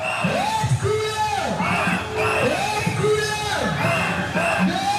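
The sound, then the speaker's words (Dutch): Hundreds to thousands of protesters marching behind a small car in the March of the Last Chance, calling for the hostages' release, shout in unison, their loud chant rising and falling in a steady repeating rhythm every second or so over a constant roar of voices. “Honderden, duizenden mensen lopen achter het autootje aan.”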